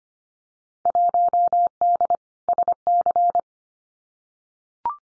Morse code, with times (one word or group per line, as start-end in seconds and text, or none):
0.9-2.2 1D
2.5-3.4 SC